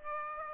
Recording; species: mosquito wingbeat signal from an infrared sensor; Aedes aegypti